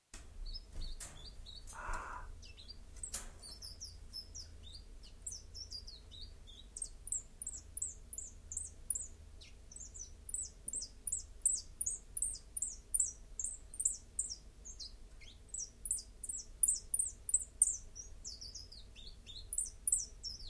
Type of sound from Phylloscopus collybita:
song